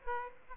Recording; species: mosquito wingbeat signal from an infrared sensor; Aedes aegypti